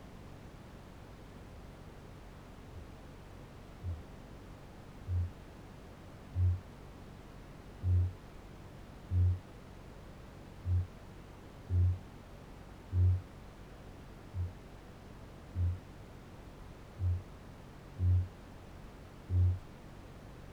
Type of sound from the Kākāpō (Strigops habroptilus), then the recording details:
boom. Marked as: faintness 4/5, faintness 2/5. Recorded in New Zealand. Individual Barnard